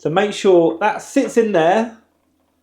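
The plastic lid of the water tank on a Dyson V15s Detect Submarine wet-roller floor head is being lined up, with its notch set against a tab, before it is pressed onto the tank. Someone talks for about two seconds, then the clip goes quiet. Nothing has seated or clicked yet.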